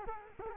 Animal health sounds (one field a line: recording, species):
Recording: mosquito wingbeat signal from an infrared sensor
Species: Culex quinquefasciatus